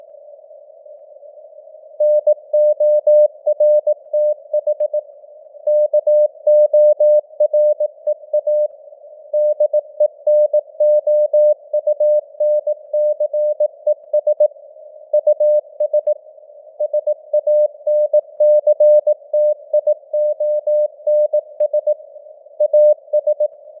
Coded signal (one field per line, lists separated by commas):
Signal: Morse code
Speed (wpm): 18 wpm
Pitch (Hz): 600 Hz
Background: none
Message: NORTH KOREA DENOUNCES US SANCTIONS AS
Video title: Morse Code News | 2025-11-06 | 18wpm